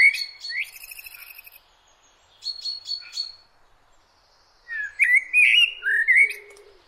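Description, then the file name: Common blackbird song: a squeaky trilled phrase, a quiet gap, a thin high stutter, then a loud mellow warbled phrase with fluty slurred notes. "Turdus merula"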